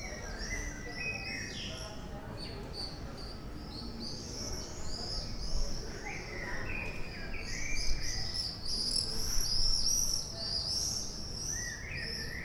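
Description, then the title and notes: Common swifts giving shrill, buzzy screams in overlapping bursts, several birds calling at once, with lower thin whistled notes now and then and steady background hiss. Bonn old town, July 2006. "bonn altstadt, mauersegler - mauersegler im juli 2006. Mauersegler, Bonn, Juli 2006."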